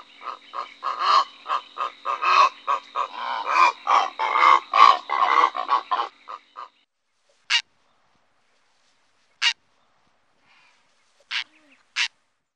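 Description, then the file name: Purple heron harsh, grating croaks in a rapid uneven series for about six seconds, then silence broken by a few short sharp clicks. "Purperreiger"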